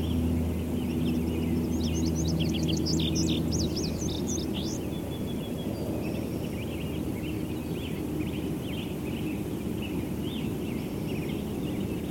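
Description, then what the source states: Indigo Bunting song: a short burst of high, sharp notes for about four seconds, with other birds chirping lower and a steady low rumble throughout. Sang only a couple of notes, then flew off, near a Douglas fir it seems to like; other birds in the background.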